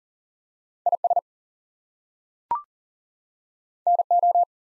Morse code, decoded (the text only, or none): IS NO